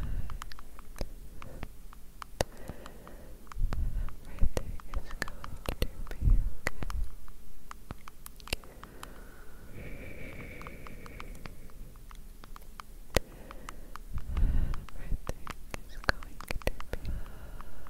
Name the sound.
gentle Tapping - Breathing, Blowing